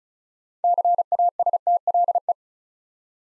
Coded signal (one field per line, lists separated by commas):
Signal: Morse code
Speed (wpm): 35 wpm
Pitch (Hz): 700 Hz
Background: none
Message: CASTLE